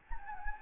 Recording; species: mosquito wingbeat signal from an infrared sensor; Anopheles gambiae